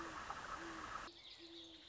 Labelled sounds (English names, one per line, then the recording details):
Great Horned Owl
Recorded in Sonoma County, California